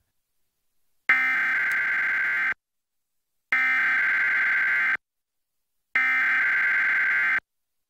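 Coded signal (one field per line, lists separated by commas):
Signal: Emergency Alert System (SAME) tones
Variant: header bursts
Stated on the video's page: Required Monthly Test captured on Xfinity cable, Xfinity X1, a Trilithic EASyPLUS unit and several broadcast television stations.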